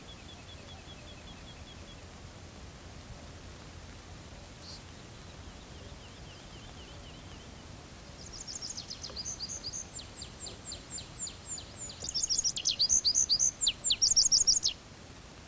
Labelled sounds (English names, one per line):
Tree Pipit song